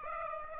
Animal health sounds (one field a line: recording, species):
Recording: mosquito wingbeat signal from an infrared sensor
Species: Aedes aegypti